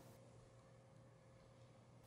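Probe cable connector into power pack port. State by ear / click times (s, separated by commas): not seated / none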